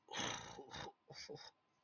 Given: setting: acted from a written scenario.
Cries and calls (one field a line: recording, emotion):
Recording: vocal sound without words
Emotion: shame